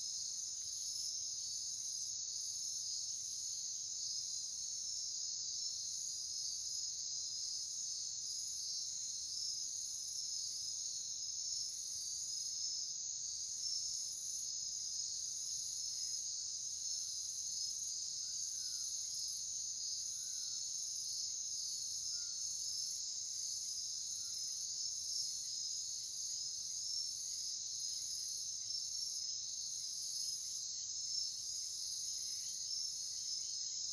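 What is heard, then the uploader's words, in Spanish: At night near a cave entrance, a dense, steady chorus of crickets and insects rings high and bright, with faint chirps midway and a soft low rumble. Sonidos de la Noche. Esto fue entrando a una caverna en medio de la noche.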